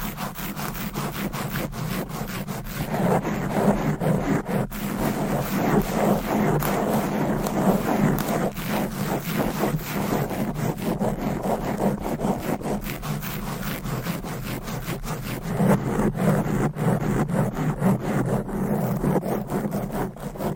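Fast, aggressive scratching of nails across a microphone cover, a dense unbroken rasp with a steady low hum underneath. The scratching runs continuously at a quick, jittery pace, swelling slightly louder around the five-second mark and again near sixteen seconds.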